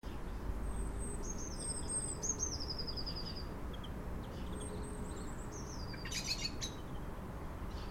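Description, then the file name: Eurasian blue tit giving thin, very high notes followed by short trilled runs, repeated twice over a steady low rumbling background noise. "Cyanistes caeruleus"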